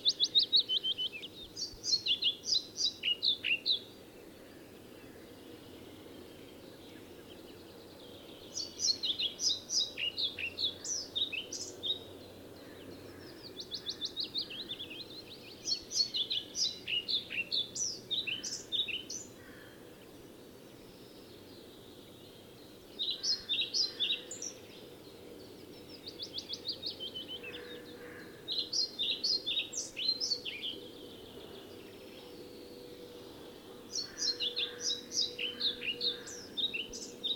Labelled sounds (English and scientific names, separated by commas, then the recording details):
European Pied Flycatcher (Ficedula hypoleuca) song
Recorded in the wild
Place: Putbus, Insel Rügen, Mecklenburg-Vorpommern, DE
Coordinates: 54.382, 13.483
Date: 1977-05-10
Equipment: Nagra III BH, Sennheiser MD 21, parabola
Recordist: Schubert, Michael
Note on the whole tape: Gesang Trauerschnäpper